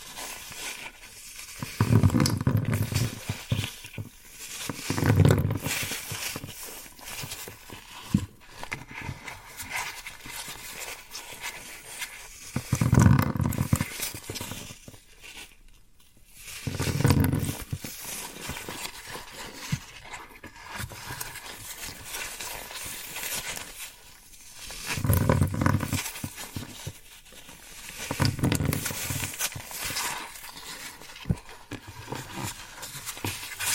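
Floral foam being handled, with a dry crackling rustle running throughout. Louder squeezing bursts with a low, squeaky thud come every few seconds, around 2, 5, 13, 17, 25 and 28 seconds, separated by quieter stretches of fine scratching and crumbling.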